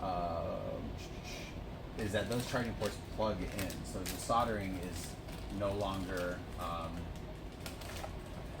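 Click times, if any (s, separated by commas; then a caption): 7.7 s. A technician in a repair shop fits a plug-in charging port module's connector onto a device board, a part that plugs in rather than needing soldering. Someone talks through most of the clip, and a short, sharp click is heard at 7.7 s as the connector seats.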